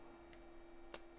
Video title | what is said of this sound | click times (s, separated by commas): Pintando poison Ivy Dia 1/Color piel base | ahí se queda enganchado y | 0.9 s